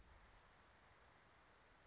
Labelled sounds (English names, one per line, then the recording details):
Anna's Hummingbird
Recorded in Sonoma County, California